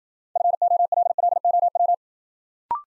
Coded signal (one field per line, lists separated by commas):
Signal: Morse code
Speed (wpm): 53 wpm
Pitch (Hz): 700 Hz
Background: none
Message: FOLLOW